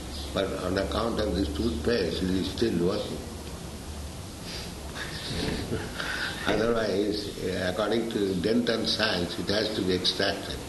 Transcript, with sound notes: But on account of this toothpaste it is still working. [laughs] Otherwise, according to dental science, it has to be extracted.